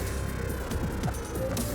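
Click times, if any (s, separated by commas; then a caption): none. A wiring connector is handled at the base of an H8 fog lamp bulb on a Skoda Octavia during a fog light change. A low, steady hum runs throughout, with a brief louder sound at about 1.6 s. The connector has not seated or clicked yet.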